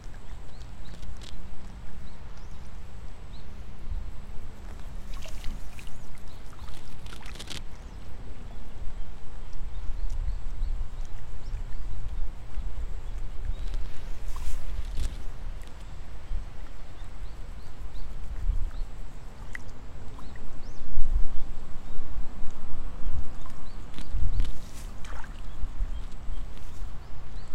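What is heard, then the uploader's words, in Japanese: Rice seedlings are pulled in the evening over a steady low rumble that runs throughout. Short bursts of rustling, splashing and knocking gather around 5–7 seconds, 14–15 seconds and 21–25 seconds, and a faint low hum sits underneath early on. イネ苗取り ブユのいない気持ち良い夕方。いよいよ今年の手植え田んぼも大詰め。夕方、イネの苗取り。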